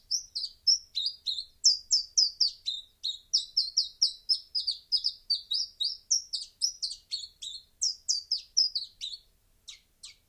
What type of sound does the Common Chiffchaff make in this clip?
song